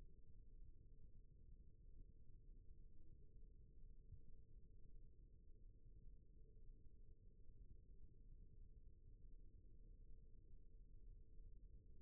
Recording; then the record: forearm muscle sounds (acoustic myography)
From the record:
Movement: rest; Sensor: system 1, eight BSWA MPA416 microphones around the upper forearm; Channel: 4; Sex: male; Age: 18 years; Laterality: right